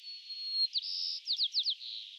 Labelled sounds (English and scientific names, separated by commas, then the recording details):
White-crowned Sparrow (Zonotrichia leucophrys) song
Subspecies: nuttalli
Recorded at Morro Bay, California, in 2014
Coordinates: 35.372, -120.862
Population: south
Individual MORR_maleI_14